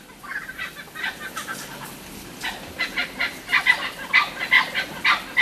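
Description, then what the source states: Blue-winged kookaburras calling together, harsh cackling notes building into loud rhythmic bursts. A group calling in a tree just after sundown at a caravan park in Mount Isa, outback Queensland, Australia; described as sounding a little like a monkey.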